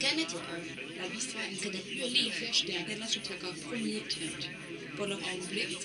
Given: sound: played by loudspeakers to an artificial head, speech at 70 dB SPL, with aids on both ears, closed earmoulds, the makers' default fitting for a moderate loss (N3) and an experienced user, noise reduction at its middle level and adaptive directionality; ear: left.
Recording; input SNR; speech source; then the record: speech test signal (ISTS) in cocktail-party noise; +3 dB; on the right (90 degrees)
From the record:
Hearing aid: class 2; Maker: B